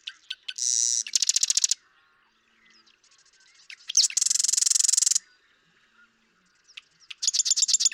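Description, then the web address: Marsh Wren song, three rapid gurgling rattles each opened by a few clicks, separated by short pauses with quiet chatter. "birdsongforthecurious Marsh Wren"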